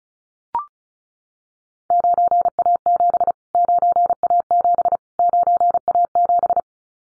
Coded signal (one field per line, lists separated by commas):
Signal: Morse code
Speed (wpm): 36 wpm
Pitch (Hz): 700 Hz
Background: none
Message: 9A7 9A7 9A7